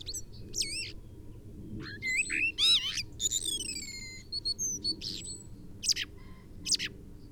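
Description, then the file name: Common blackbird singing: rising fluty whistles and downslurred notes run together into chattering high twitters, with a faint constant hum. "Turdus merula"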